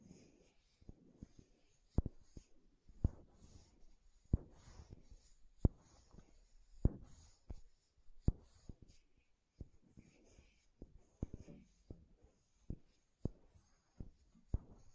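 Makeup tapping and scratching, with sharp taps landing roughly every second and a few stronger knocks standing out. Soft scratchy rubbing fills the gaps between taps, and a faint steady high hiss runs underneath throughout.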